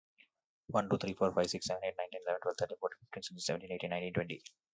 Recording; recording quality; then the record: counting at a fast pace; excellent, no background noise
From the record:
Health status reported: healthy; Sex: male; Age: 28 years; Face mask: not worn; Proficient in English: yes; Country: India